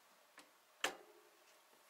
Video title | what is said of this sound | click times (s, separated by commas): How To Install Wifli SRAM Red eTap - By Ruby Isaac Aged 9 | To tighten the link, you've got to hold the wheel and push the crank down until you hear a click. | 0.8 s